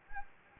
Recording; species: mosquito wingbeat signal from an infrared sensor; Anopheles gambiae